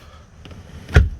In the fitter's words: Like that. You hear that clicking sound and you know this side is in.